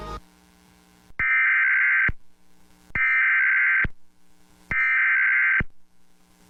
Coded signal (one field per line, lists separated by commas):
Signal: Emergency Alert System (SAME) tones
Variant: header bursts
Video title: EAS Alerts from 6/22/23